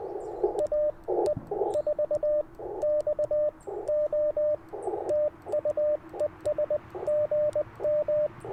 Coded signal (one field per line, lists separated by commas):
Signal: Morse code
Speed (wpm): 20 wpm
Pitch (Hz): 590 Hz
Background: radio noise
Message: AE4XO TU ES GM